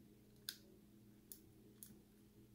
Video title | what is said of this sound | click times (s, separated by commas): DIY Off-Grid Security Camera System Installation | you go just clicks right in | 0.5 s